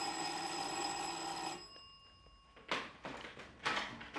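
A visiting neighbour rings a woman's doorbell; it rings with a steady, bright, buzzing tone for about a second and a half, then stops abruptly; two short, noisy clattering bursts follow in the quiet afterward.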